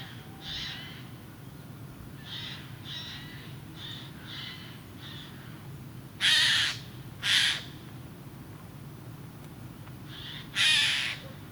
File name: Garrulus glandarius